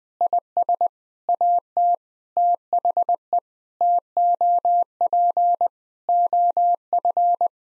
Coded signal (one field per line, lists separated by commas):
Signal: Morse code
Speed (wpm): 20 wpm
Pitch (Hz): 700 Hz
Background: none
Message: IS AT THE TOP OF